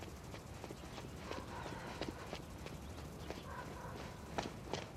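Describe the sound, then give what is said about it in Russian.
A woman in black-and-white sneakers jogs through a neighborhood in the morning, the sneakers slapping the sidewalk in a steady running rhythm, a string of light, crisp footfalls over a constant low background rumble. “Ее черно-белые кроссовки ритмично отбивают шаги по тротуару.”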